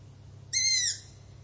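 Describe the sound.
Owl scream, a single harsh hissing shriek lasting under half a second, rich in high overtones, over a low steady hum.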